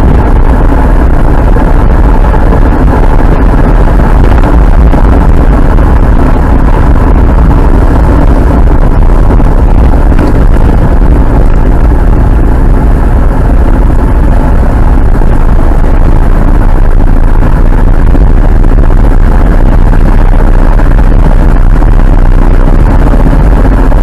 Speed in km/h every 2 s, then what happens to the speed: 46, 45, 47, 49, 51, 56, 59, 64, 71, 73, 78, 79.
0-7 steady at about 46. 7-24 speeds up to 79.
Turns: none.